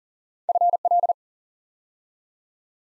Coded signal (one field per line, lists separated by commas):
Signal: Morse code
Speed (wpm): 40 wpm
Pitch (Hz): 700 Hz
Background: none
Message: FL